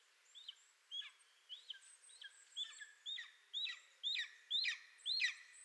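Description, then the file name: Golden eagle yelping, a series of hooked notes growing louder and more regular, about two per second, over faint background hiss. "Golden Eagle - Aquila chrysaetos"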